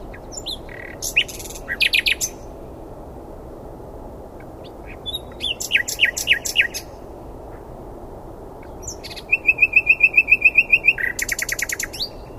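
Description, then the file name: Common nightingale song in three bursts, mixing scratchy notes and chirps, the last ending in a quick row of short repeated notes. "Luscinia megarhynchos"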